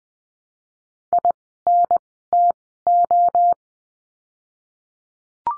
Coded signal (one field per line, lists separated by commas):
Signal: Morse code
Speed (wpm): 20 wpm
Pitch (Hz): 700 Hz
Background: none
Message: I N T O